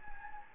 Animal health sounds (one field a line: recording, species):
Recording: mosquito wingbeat signal from an infrared sensor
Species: Anopheles gambiae